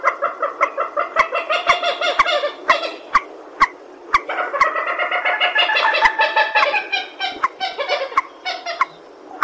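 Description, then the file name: Purple swamphen calling with nasal, honking cackles in two bursts, with sharp clicks mixed in. "tieng trich re keu"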